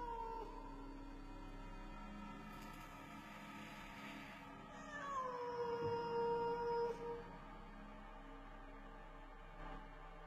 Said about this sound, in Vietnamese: Đêm hôm ấy, ở ngoài cánh đồng hoang, chẳng biết làm sao, tiếng con mèo kêu thê thiết cứ vang lên suốt đêm như vậy.